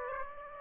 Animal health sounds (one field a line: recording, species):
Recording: mosquito wingbeat signal from an infrared sensor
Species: Aedes aegypti